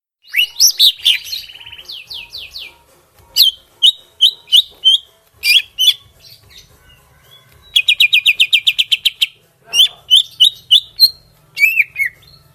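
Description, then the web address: Greater green leafbird delivering a rich mix of rising and falling whistles, a quick regular chattering trill in the middle, and further short whistled notes afterward. Kalimantan. "cucak-ijo suara-cucak-ijo-kalimantan"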